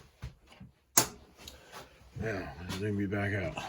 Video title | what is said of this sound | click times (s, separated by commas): Husqvarna 435 carb. install. will it run? | it'll snap into place and it will hold it there for you | 1.0 s